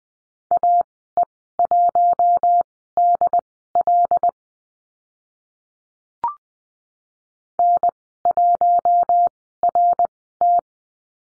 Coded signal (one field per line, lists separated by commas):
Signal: Morse code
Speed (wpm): 20 wpm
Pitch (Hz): 700 Hz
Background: none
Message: AE1DL N1RT